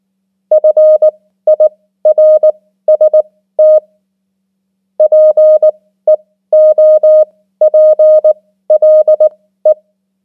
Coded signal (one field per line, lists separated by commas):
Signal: Morse code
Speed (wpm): 19 wpm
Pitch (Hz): 620 Hz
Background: none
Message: FIRST PEOPLE